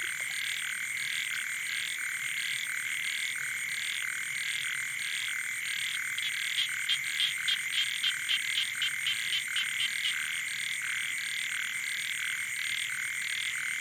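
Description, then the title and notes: Frogs and toads in a dense night chorus of overlapping rapid pulsed calls over a steady high-pitched drone. Night chorus on the shore of Boeng Thum lake, Cambodia, around 23:00 on 12 December 2018, when human noise gives way to the wild. "Soirée aux batraciens - Cambodge. 12 décembre 2018 Sur le bord du lac "Boeng Thum" vers 23h00 au moment ou le silence des hommes laisse place au monde sauvage"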